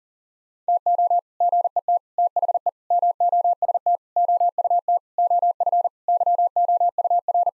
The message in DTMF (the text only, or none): none